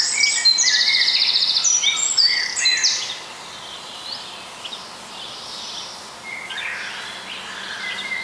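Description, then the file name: Bird song: rapid high trills and chirps in the first three seconds, then softer, scattered notes over a quiet background before a brief return of chirping. "voegel"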